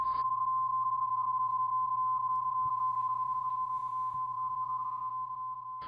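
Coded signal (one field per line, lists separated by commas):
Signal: PSK31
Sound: continuous warbling tone near 1 kHz with fast slight flutter, steady throughout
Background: low electrical hum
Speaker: tuning the signal can be done manually using the cwt tuning [Music] indicator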